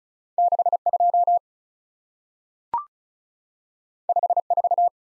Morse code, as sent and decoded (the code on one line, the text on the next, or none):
-.... / ..--- / ..... / ....-
6 2 5 4